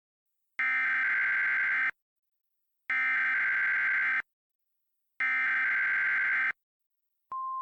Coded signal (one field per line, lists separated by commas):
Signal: Emergency Alert System (SAME) tones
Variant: header bursts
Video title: The 2022 Eastern Blizzard: An EAS Scenario (Remastered)